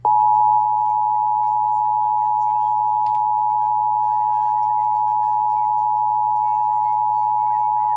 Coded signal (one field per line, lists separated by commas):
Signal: Emergency Alert System (SAME) tones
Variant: 853 and 960 Hz attention tone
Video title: EAS 969-971: Weekly Tests from 8/12/2020